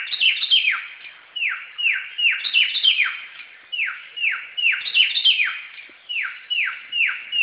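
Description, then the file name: Samyong song: cascades of downward-sliding whistles in quick series, each series led by higher overlapping notes. Recorded in forest. "suara burung samyong di hutan"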